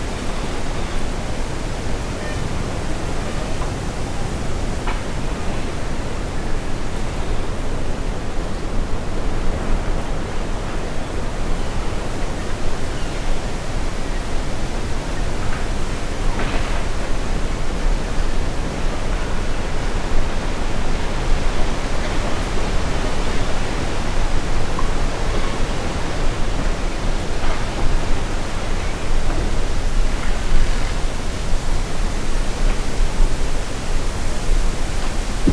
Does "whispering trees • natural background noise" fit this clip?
yes